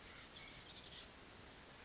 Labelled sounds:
Oak Titmouse (Baeolophus inornatus)
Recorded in Sonoma County, California

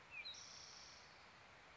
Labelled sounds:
Spotted Towhee (Pipilo maculatus)
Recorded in Sonoma County, California

